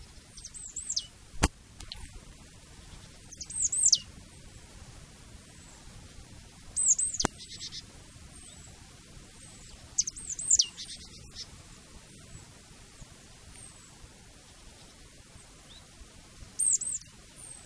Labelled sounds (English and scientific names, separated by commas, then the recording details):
Marsh Tit (Poecile palustris) call
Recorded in the wild
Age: adult
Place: Wiesenttal, Bayern, DE
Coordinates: 49.8022, 11.2617
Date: 1962
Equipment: Vollspur
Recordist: Tretzel, Erwin